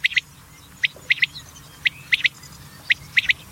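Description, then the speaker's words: Common quail calling, a sharp liquid three-note phrase repeated about once a second, each note high and clipped. Quails winter in Africa and migrate to Europe in spring. "En dit is dan het geluid van een kwartel."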